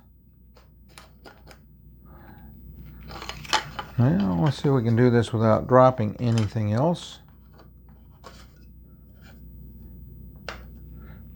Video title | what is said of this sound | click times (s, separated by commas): Unboxing My Choice For A Travel Camera, the Panansonic Lumix FZ1000 | on that and then clicked into place | 10.5 s